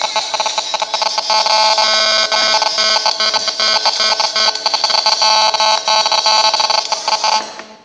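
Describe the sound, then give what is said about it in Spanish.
A mobile phone rings with a loud, harsh electronic tone that buzzes steadily for about seven seconds, rich in shrill overtones, then cuts off abruptly. No one speaks. “Muy bien, después de haber escuchado esa increíble música, parece que alguien se olvidó de apagar los celulares.”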